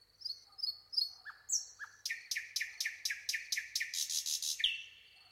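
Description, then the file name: Common nightingale song: a few thin whistled notes, then a fast run of many sweeping, chopped notes ending in a clear whistle. "Luscinia megarhynchos"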